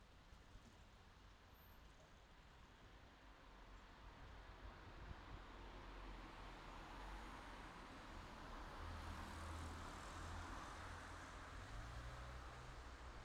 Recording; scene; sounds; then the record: everyday scene through a hearing-aid microphone; in traffic; traffic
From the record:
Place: city secondary road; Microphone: in the ear canal, left